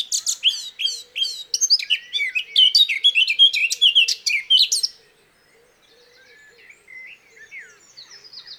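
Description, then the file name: Eurasian blackcap song, a fast rich warble of varied chirps and whistles for about five seconds, then quieter scattered notes. "Sylvia atricapilla"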